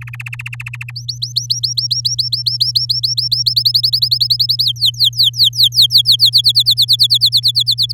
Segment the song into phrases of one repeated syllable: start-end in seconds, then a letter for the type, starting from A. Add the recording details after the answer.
0.01-0.91 A, 0.95-3.43 B, 3.46-4.64 C, 4.64-6.30 D, 6.32-7.92 E. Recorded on 11 May 2018 at 06:16. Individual llb16